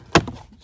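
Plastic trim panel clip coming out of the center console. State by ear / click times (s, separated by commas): released / 0.1 s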